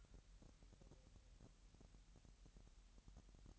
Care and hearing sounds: daily activity, microphone in the room; take from stove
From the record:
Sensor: 3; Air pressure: 1002.0 hPa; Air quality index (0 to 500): 246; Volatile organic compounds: 48 ppm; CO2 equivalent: 3275 ppm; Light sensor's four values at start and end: 6/15/6/6 and 6/15/6/6

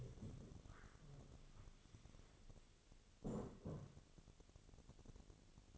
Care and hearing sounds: daily activity, microphone in the room; stand up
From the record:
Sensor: 4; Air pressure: 1001.2 hPa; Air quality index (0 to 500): 183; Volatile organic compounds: 2 ppm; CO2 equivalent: 1309 ppm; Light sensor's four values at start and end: 13/30/12/12 and 13/30/12/12

